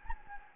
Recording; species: mosquito wingbeat signal from an infrared sensor; Anopheles gambiae